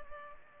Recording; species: mosquito wingbeat signal from an infrared sensor; Culex pipiens